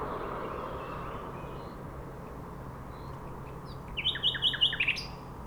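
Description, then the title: Nightingale song: faint scattered notes, then a loud burst of rapid, repeated sharp notes near the end, over steady traffic rumble. Singing from a bush between a railway line and the shore of Lac du Bourget, Entrelacs, France; unafraid of passing trains; road traffic on the RD991 also heard. "2 D991, Entrelacs, France - Rossignol ferroviaire"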